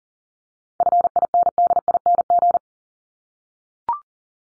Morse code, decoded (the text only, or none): FINDING